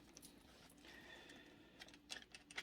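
Metal snap fasteners on the leather strap of a TNA Tag championship belt made by Top Shelf Championship Belts are pressed closed by hand, with faint rustling and small taps before two sharp snap clicks at 2.1 s and 2.6 s. The snaps click shut but will not stay fastened, and the strap comes right off.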